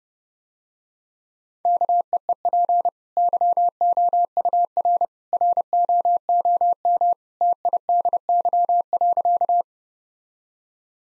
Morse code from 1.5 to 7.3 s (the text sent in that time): KEEP YOUR ROOM